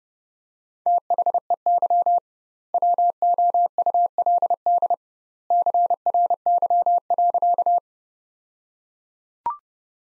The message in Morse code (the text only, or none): THEY WOULD CRY.